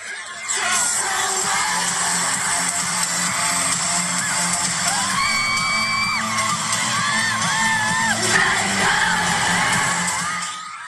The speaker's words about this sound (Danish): Det er 70.000 mennesker, som synger tilbage igen, præcis når de skal synge.